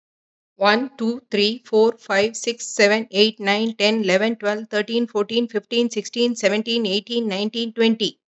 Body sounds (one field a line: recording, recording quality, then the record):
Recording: counting at a fast pace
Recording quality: excellent, no background noise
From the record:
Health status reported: healthy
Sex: female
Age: 52 years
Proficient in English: yes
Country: India